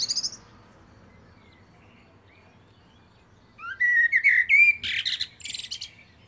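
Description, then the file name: Common blackbird singing one mellow, fluted warble that breaks into shrill, scratchy twitters, after a brief high note at the start and a long pause. "Turdus merula"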